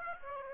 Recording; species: mosquito wingbeat signal from an infrared sensor; Aedes aegypti